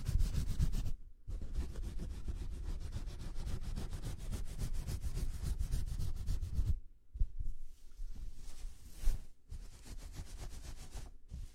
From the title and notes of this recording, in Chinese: 为弟弟做头部肩部按摩。